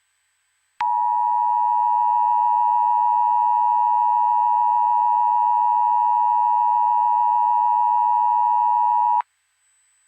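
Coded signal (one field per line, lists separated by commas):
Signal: Emergency Alert System (SAME) tones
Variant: 853 and 960 Hz attention tone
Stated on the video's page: Fictional EAS scenario.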